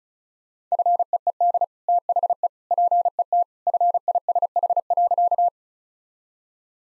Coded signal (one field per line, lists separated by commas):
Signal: Morse code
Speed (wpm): 34 wpm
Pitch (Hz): 700 Hz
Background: none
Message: FEED THE PET FISH.